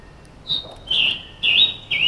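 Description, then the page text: Scarlet tanager singing four raspy, burry phrases after a brief pause, the last cut off. Recorded in Maryland. "Scarlet Tanager by David via iNaturalist"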